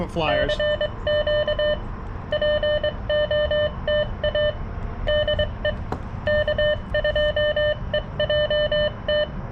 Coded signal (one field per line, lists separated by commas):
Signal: Morse code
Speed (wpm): 20 wpm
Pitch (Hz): 600 Hz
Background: speech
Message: CQ POTA DE K2EJT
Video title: CW POTA with the Xiegu X6200 and Palm Radio Portable Key